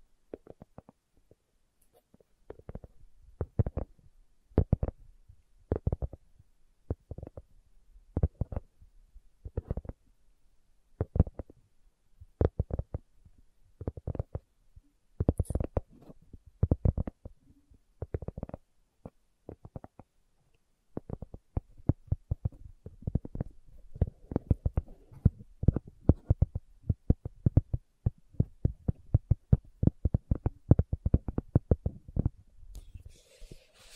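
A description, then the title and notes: Slow, hollow tapping lands in an even beat, about one soft thud per second for the first twenty seconds. After that the taps come quicker and more clustered, with brief pauses between flurries, and a faint rustle appears at the very end. ASMR Slow Tapping for Deep Sleep (No Talking).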